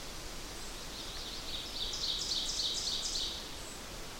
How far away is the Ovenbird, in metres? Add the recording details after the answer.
about 35 m. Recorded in boreal forest in Alberta, Canada, on 8 June 2016 at 06:28. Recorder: SongMeter 3, array SBT-3-9. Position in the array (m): 50 m, 107 m. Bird 33